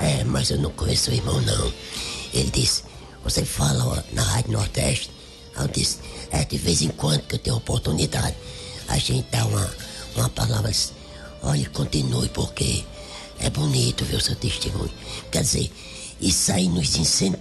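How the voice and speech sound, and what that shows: A man speaks Portuguese in a very low, rough, creaky voice, typical of alaryngeal speech after laryngectomy. He has no vocal cords, no larynx and no pharynx.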